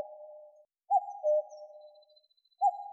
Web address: Cuculus canorus